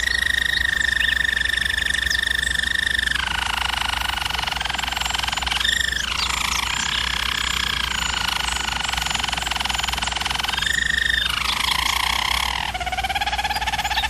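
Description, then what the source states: German Roller canary song: long continuous rolled tours, each held at one pitch, broken by short gliding notes, over a low steady hum. Singing used for canary training.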